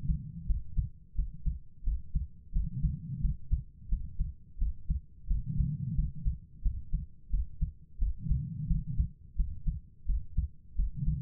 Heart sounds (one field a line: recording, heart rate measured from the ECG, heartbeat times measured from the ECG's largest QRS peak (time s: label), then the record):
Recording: heart sounds by stethoscope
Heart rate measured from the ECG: 87 bpm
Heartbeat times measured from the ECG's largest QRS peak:
0.45 s: heartbeat
1.14 s: heartbeat
1.82 s: heartbeat
2.51 s: heartbeat
3.19 s: heartbeat
3.87 s: heartbeat
4.57 s: heartbeat
5.26 s: heartbeat
5.94 s: heartbeat
6.61 s: heartbeat
7.29 s: heartbeat
7.97 s: heartbeat
8.66 s: heartbeat
9.35 s: heartbeat
10.05 s: heartbeat
10.74 s: heartbeat
From the record:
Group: healthy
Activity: rest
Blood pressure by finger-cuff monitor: 126/75 mmHg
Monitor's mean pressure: 93 mmHg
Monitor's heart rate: 87 bpm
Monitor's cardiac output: 7.2 L/min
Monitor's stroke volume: 83 mL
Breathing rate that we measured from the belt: 21 breaths a minute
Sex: female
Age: 32 years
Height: 172 cm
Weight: 71.7 kg